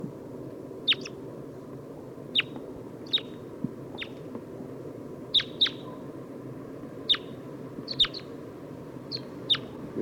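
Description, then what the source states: Red Crossbill calls, short sharp high kip notes given several times at irregular intervals, over a steady low background hum. Type 2 calls.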